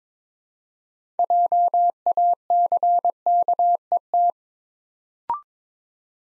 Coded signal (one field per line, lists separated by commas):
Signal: Morse code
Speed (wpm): 22 wpm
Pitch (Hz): 700 Hz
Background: none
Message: JACKET